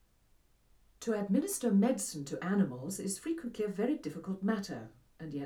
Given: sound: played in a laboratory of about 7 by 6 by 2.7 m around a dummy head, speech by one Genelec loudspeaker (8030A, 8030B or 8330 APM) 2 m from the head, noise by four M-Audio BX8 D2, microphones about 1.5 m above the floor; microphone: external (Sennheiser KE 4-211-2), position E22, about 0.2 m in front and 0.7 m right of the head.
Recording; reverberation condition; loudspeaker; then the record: female speech in English; low; 60 degrees to the left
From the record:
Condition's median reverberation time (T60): about 310 ms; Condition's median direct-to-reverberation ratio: about 3.5 dB